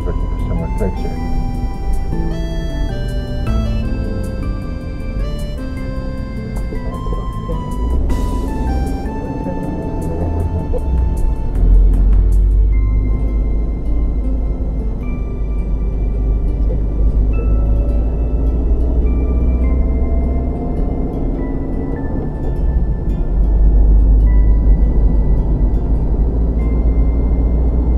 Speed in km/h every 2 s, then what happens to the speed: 13, 11, 11, 10, 13, 15, 16, 18, 18, 21, 23, 24, 26, 27.
0-7 steady at about 11. 7-28 speeds up to 27.